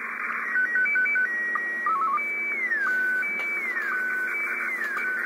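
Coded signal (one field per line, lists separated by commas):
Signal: SSTV (slow-scan television)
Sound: quick stepping tone melody, steady high tone, brief low warbling steps, then sliding tones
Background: radio static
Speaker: и на этот же приёмник вот включаем на [музыка] передачу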